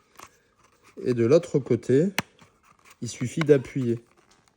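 Plastic-backed door mirror glass for a Jaguar XKR is being fitted onto the exterior mirror housing, one side already hooked into its notches with the other side still to be pressed onto the mirror actuator. Someone talks over faint handling sounds, with a few small ticks around 2.4 s and 4.3 s. The glass has not seated or clicked yet.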